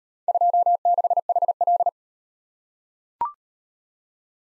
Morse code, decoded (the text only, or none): 26HL